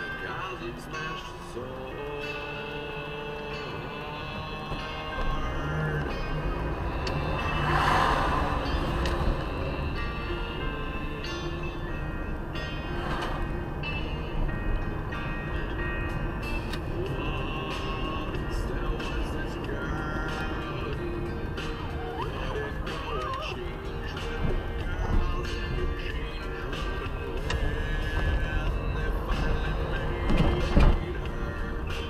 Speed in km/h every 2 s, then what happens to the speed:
1, 0, 1, 7, 19, 30, 32, 32, 36, 37, 27, 10, 15, 11, 13, 16.
0-4 standing. 4-17 pulls away to 37. 17-27 slows to 11.